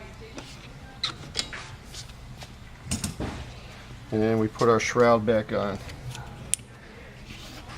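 A plastic shroud is being refitted onto the headlamp surround of a Range Rover Full Size during a headlamp assembly replacement, with a few short handling taps and knocks as it is moved into place while someone talks. Nothing has seated or clicked yet when the clip ends.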